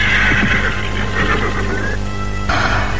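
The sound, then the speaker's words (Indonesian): A horse gives a loud, shrill neigh that wavers and trails off as its woman rider suddenly jerks the reins, with a few low thumps and rustling underneath and a steady background hum throughout. “Maka dengan tiba-tiba, perempuan cantik itu menghentakkan tali kekang kudanya.”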